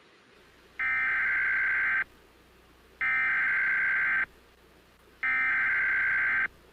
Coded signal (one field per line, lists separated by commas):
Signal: Emergency Alert System (SAME) tones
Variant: header bursts